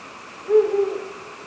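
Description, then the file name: Ural owl producing one low, steady, drawn-out hoot lasting about half a second, with faint hiss around it. "fukuro"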